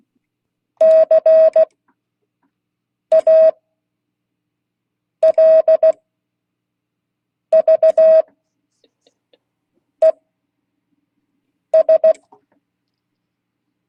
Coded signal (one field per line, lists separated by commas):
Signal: Morse code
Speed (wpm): 16 wpm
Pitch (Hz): 640 Hz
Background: speech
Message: CALVES